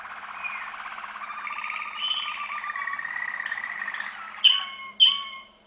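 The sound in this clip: Canary song of sustained warbling trills, ending in two loud, sharp whistled notes.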